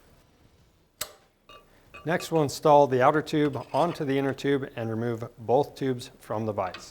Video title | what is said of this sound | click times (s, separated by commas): How To Rebuild Showa SFF-Air TAC Dirt Bike Forks | and the top one should snap into place | 1.0 s